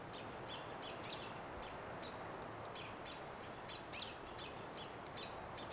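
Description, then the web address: European robin ticking, two short bursts of three or four sharp high clicks, over a steady background of softer high notes. "SETE Erithacus rubecula"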